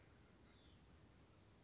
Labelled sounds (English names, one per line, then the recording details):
Hutton's Vireo
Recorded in Sonoma County, California